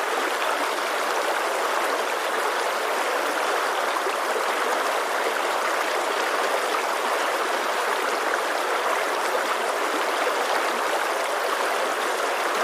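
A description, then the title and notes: A mountain stream rushes along in a steady, dense wash of water with no pauses over the whole thirteen seconds. The sound is fairly bright, full of fine splashing texture, with almost nothing in the deep low end and no other sounds. Mountain Stream Water Sounds.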